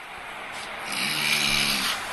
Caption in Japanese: 結構大きめのいびき。